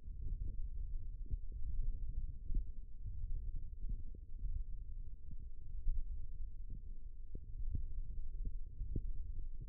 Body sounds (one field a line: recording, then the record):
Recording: forearm muscle sounds (acoustic myography)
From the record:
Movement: thumb flexion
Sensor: system 1, eight BSWA MPA416 microphones around the upper forearm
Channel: 3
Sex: female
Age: 22 years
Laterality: right